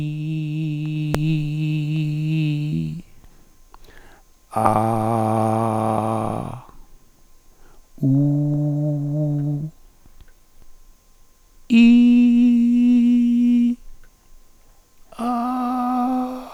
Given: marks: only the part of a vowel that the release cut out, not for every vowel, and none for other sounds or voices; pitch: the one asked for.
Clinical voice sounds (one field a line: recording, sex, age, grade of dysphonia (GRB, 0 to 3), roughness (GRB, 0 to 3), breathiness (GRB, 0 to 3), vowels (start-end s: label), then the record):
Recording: sustained vowels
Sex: male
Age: 60 to 69 years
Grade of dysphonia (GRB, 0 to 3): 3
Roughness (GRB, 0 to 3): 3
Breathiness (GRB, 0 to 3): 2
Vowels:
0.00-1.12 s: vowel /i/, normal pitch
4.89-5.93 s: vowel /a/, normal pitch
8.33-9.47 s: vowel /u/, normal pitch
12.15-13.56 s: vowel /i/, high pitch
15.37-16.06 s: vowel /a/, high pitch
From the record:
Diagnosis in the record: hyperfunctional dysphonia, contact pachydermia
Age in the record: 63 years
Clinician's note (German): Kontaktpachydermie ohne "Kontaktpachydermie"